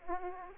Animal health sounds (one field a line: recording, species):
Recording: mosquito wingbeat signal from an infrared sensor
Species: Aedes aegypti